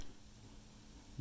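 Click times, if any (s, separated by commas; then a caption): 0.0 s. A CR2032 coin battery, tucked under the far edge of a Tesla Model S and X key fob's battery holder, is pressed down on the near side and pops into place with a short, faint click at 0.0 s. A quiet low hum follows, with a brief low thump at the very end, and the battery sits seated in the holder.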